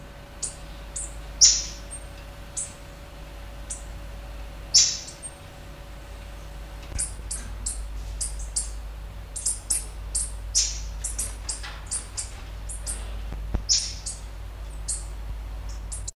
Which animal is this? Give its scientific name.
Malurus cyaneus